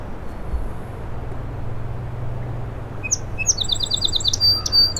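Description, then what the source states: Song sparrow starting a song partway in, with bright notes and a quick trill that runs to the end, over a low steady rumble. In a shrub on the causeway to Little Moose Island; morning, 07:02, 21 June 2017; mostly sunny, 60 degrees, incoming tide; Fostex FR2 recorder with Sennheiser ME 64 microphone; trimmed and levelled.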